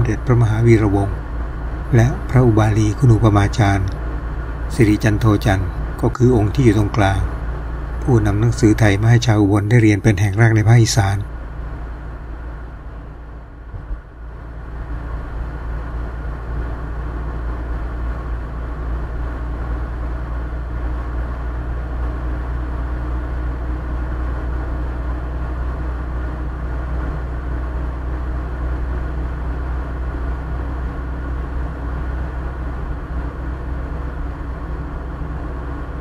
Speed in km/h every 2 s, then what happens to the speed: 55, 57, 56, 56, 56, 55, 54, 56, 55, 55, 57, 57, 59, 60, 60, 60, 61, 61.
0-36 steady at about 56.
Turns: none.